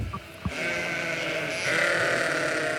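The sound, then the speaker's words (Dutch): Dozens of sheep in Germany bleat in overlapping, sustained calls as they run to the fence when the sheep farmer drives up, swelling louder partway through into a steady wavering chorus of mid-pitched cries, with a brief soft thump near the start. “kijken tientallen schapen enthousiast op en rennen ze onmiddellijk naar het hek toe.”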